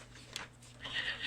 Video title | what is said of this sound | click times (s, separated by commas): Marking a Mylar Sheet for Silver Reed Machines | You can hear it click in. | 0.4 s